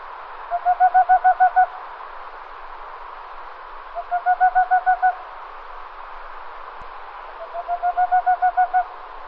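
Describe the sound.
Bird repeating short bursts of rapid low hoots, three series about three and a half seconds apart, each lasting around a second, with constant hiss behind.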